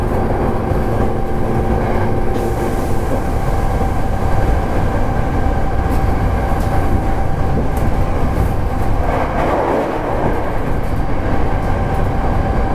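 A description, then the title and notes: Running noise of a local train, heard steadily for the whole stretch: a dense, low rolling rumble with a thin sustained whine above it. Around the ninth and tenth seconds the sound briefly brightens and roughens, then settles back into the same even roar. 阪急電鉄7000系電車の走行音です。 神戸線の普通列車にて収録しました。 区間は、西宮北口から、神戸三宮までです。 この収録した車両は、リニューアルされたもの. Local train of kobe Line.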